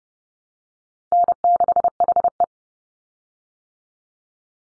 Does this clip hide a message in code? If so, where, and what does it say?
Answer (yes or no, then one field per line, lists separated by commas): yes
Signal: Morse code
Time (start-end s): 1.1-2.4 s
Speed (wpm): 30 wpm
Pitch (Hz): 700 Hz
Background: none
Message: N6HE